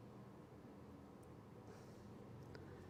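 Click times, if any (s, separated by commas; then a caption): 2.6 s. A crimped wire terminal is pushed into a slot of a plastic motorcycle ECU connector housing on a Kawasaki Z1000, in place of a blanking plug, while fitting Woolich Racing ECU re-mapping equipment. Over a steady low hum, a very faint, sharp click sounds at 2.6 s as the terminal seats in the housing, as the instructions say it should.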